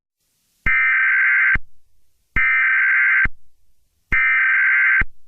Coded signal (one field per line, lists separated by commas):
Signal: Emergency Alert System (SAME) tones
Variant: header bursts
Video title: New Years Tornado (EAS New Years Special)